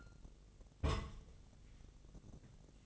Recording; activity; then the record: daily activity, microphone in the room; place on stove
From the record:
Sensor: 4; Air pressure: 1000.2 hPa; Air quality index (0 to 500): 221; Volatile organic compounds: 26 ppm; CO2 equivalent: 2858 ppm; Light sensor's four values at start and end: 9/20/8/8 and 9/20/8/7